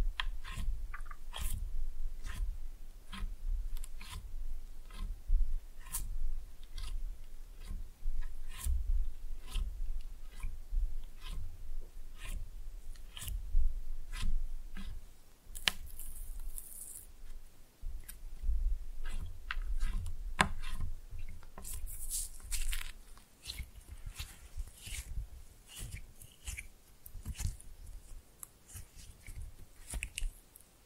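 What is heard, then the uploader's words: Slime being pressed and mixed, with a fast, fairly regular run of sharp sticky clicks and pops throughout. Around 16 seconds and again from about 22 to 27 seconds, brighter squelching hiss swells in. A low rumble sits underneath, and no voice is heard. Slime No Talking (Pressing and Mixing).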